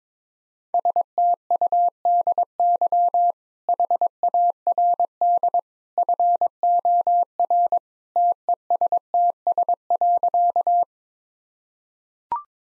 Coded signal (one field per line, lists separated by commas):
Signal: Morse code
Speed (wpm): 22 wpm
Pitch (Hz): 700 Hz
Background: none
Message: STUDY HARD FOR TESTS.